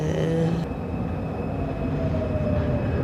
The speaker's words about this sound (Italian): I mezzi di trasporto, a partire dalle fermate più affollate della metropolitana, come questa di Milano